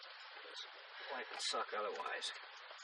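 Plastic AC control wiring connectors behind the dashboard of a 2005 Toyota Echo hatchback are pushed back in by hand during a JVC KW-R930BTS stereo install, to make sure they are tight because the AC was just fixed. Someone talks over steady broadband noise with brief rustling handling sounds. Nothing has seated or clicked yet.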